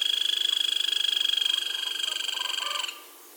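Grey-crowned woodpecker delivering a loud, steady, machine-like pulsed trill for nearly three seconds that fades slightly before cutting off.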